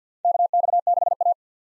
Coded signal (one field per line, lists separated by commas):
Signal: Morse code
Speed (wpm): 50 wpm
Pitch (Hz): 700 Hz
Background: none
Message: KX6A